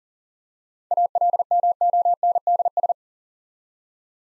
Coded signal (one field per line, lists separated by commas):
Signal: Morse code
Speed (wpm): 40 wpm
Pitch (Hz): 700 Hz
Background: none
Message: ALMONDS